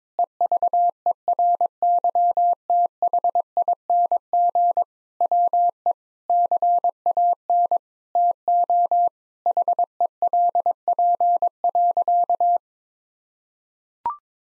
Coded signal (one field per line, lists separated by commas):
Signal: Morse code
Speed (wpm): 22 wpm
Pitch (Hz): 700 Hz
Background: none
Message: EVERYTHING WE CAN TO HELP.